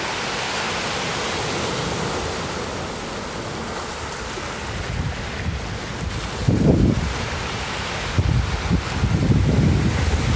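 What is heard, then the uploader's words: Surf at Lover's Point Beach in Pacific Grove, California, a steady hiss of waves filling the whole clip. Low rumbling swells build around five seconds, with a stronger wave surging near six and a half seconds and again after eight, alongside gusty wind buffeting. Lover's Point Beach in Pacific Grove, California.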